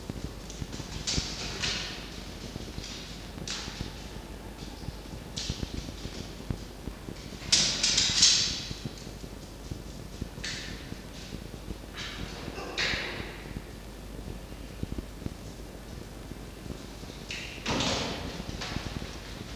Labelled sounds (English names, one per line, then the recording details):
Red Fox
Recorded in captivity
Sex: male
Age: adult
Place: Zoologisches Institut der HUB, Berlin, DE
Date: 1952-09-17 19:45
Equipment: Elmetra
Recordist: Tembrock, Günter